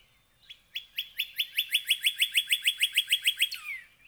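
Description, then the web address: Northern cardinal song: a fast, steady run of about fifteen bright rising whistled notes, ending in a single down-slurred note. "birdsongforthecurious Northern Cardinal"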